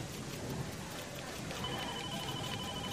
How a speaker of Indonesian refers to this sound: Ya, mau tidak mau harus menunggu hujan sampai selesai baru bisa pulang.